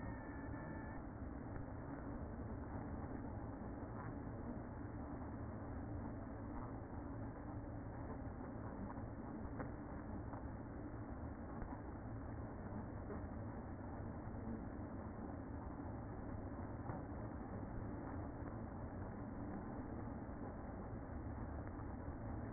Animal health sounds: honeybee colony, microphone inside the hive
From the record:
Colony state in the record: queen present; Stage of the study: after two queens were removed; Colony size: about 60,000 bees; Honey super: yes

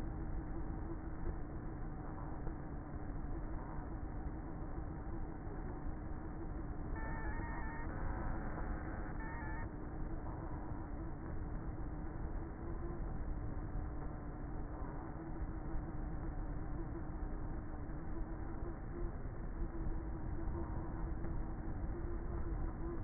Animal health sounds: honeybee colony, microphone inside the hive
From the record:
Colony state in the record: queenless with a low population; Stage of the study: before two queens were removed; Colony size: about 30,000 bees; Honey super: no

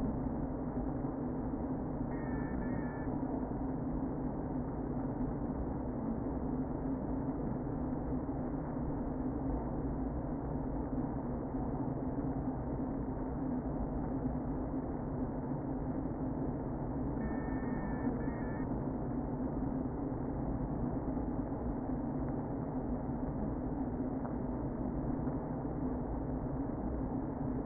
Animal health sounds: honeybee colony, microphone inside the hive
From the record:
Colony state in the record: queen present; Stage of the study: before two queens were removed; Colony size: about 60,000 bees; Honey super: yes

